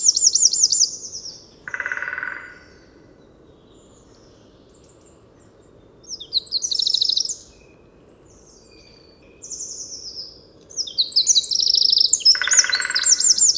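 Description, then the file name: Eurasian wren giving short bursts of high, rapid trilled notes separated by pauses, with a lower harsh rasping sound appearing twice, near the start and near the end. "Troglodytes troglodytes"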